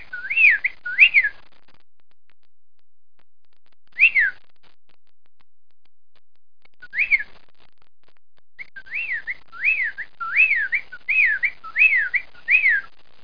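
Bird calls: clear slurred whistles rising and falling, a few at first with long gaps between, then a rapid run near the end.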